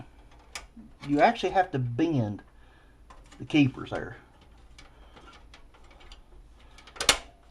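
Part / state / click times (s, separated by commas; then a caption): optical drive into computer case drive bay / seated / 7.1 s. Someone talks while bending the tool-less keepers of a computer case drive bay and sliding an optical drive into the bay, with small scattered clicks and rattles along the way. At 7.1 s a sharp, loud snap is heard as the drive clicks into the keepers and is confirmed seated.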